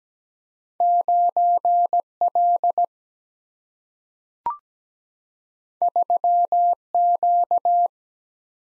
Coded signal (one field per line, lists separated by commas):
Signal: Morse code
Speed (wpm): 17 wpm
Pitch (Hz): 700 Hz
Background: none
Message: 9 L 3 Q